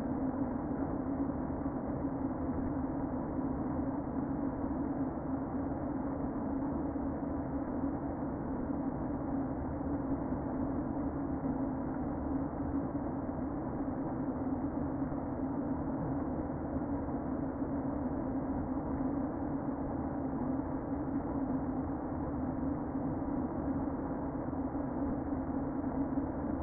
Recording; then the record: honeybee colony, microphone inside the hive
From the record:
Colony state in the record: queen present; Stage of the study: before two queens were removed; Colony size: about 60,000 bees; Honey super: yes